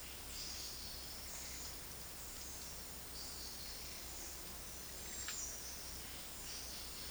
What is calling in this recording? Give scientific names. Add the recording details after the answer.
none. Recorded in dense forest near Puerto Asís, Putumayo, Colombia, on 19 February 2024 at 11:00. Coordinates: 0.481, -76.318. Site G6421